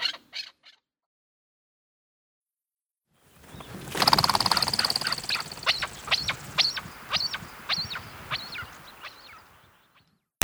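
Chukar calls: after a few brief opening sounds, a silence and a burst of rough noise, sharp clucking notes repeat rapidly over a grainy background.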